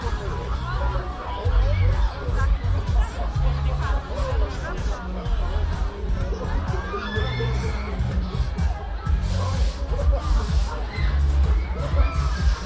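A walk through Hyde Park toward the winter carnival, filled with a dense, steady crowd of overlapping voices and chatter. Heavy low thumping pulses underneath throughout, and brief brighter bursts of sound break through now and then.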